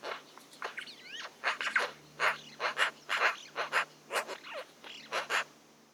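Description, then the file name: Eurasian magpie producing a rapid run of rough, scratchy calls, interspersed with short whistled, wavering notes. "Pica pica"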